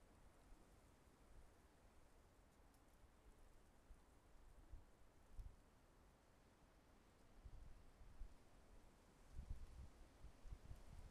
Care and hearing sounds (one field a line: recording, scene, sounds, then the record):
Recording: everyday scene through a hearing-aid microphone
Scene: wind on the microphone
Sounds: wind, traffic, birds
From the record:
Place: suburban garden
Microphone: behind the ear, left, rear